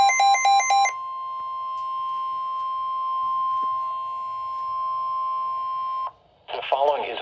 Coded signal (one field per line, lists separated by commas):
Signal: Emergency Alert System (SAME) tones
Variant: 1050 Hz attention tone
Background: speech